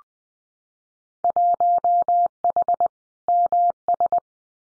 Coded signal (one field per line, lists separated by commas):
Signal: Morse code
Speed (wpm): 20 wpm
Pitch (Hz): 700 Hz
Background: none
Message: 1H MS